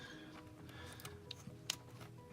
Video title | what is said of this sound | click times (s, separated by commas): Jaguar F-Pace 2.0d (Land Rover/Range Rover) - RaceChip GTS install & review... 50HP more for Diesel? | Make sure you hear that snap there to make sure that's plugged in. | 1.7 s